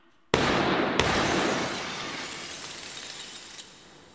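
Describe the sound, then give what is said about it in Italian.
Two sharp, loud gunshot cracks a moment apart, the shots hitting a chandelier and a back window, followed by a long spray of shattering glass and falling shards that rattle and tinkle, slowly fading over several seconds. “Ma che avete sparato per davvero?”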